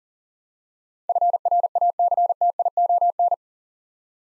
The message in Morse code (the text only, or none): FRACTION